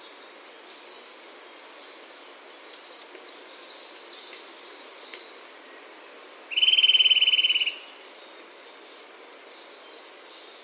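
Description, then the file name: Eurasian nuthatch producing one rapid, steady trill lasting about a second, set among thin, high, sliding notes from other birds. "Sitta europaea"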